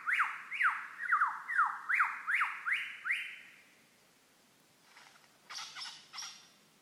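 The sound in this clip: Lyrebird singing a rapid string of bright descending whistled sweeps, followed by a pause and some harsher, buzzy high notes.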